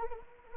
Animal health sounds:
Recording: mosquito wingbeat signal from an infrared sensor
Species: Anopheles arabiensis

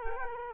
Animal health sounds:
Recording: mosquito wingbeat signal from an infrared sensor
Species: Culex quinquefasciatus

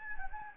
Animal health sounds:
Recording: mosquito wingbeat signal from an infrared sensor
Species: Anopheles gambiae

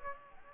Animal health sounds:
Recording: mosquito wingbeat signal from an infrared sensor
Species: Aedes aegypti

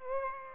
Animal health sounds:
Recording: mosquito wingbeat signal from an infrared sensor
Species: Aedes aegypti

